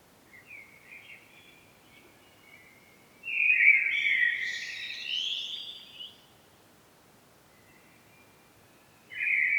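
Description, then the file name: Common blackbird singing, with soft low notes leading into a rich, loud fluting phrase with squeaky high flourishes, then silence before a new phrase starts at the end. "Turdus merula"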